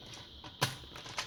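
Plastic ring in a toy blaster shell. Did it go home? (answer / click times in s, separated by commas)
no / none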